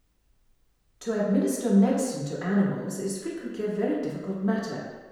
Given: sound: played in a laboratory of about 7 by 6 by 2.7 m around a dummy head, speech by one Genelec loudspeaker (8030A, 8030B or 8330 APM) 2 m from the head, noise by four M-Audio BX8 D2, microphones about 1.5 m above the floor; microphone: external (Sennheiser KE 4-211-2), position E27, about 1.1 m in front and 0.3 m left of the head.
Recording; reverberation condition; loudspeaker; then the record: female speech in English; high; 60 degrees to the left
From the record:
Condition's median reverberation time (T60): about 1300 ms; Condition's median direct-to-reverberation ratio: about -4.0 dB